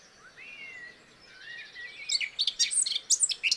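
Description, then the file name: Eurasian blackcap song: soft, low whistled warbling at first, breaking into a loud, fast flourish of bright notes, with light background hiss. "Sylvia atricapilla"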